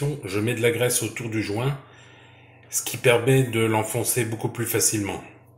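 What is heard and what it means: Someone talks about greasing the O-ring of an electronic pressure sensor from a Saunier Duval Themaplus Condens boiler so it can be pushed into the boiler's hydraulic block more easily, with a short quiet pause midway. The sensor and its metal retaining clip are still being handled, and nothing has seated or clicked yet.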